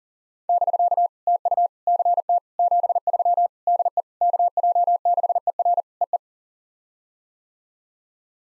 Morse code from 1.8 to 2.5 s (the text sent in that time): CT